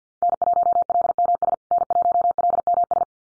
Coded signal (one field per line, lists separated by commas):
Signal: Morse code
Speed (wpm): 50 wpm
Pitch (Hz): 700 Hz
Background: none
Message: N1LMS N1LMS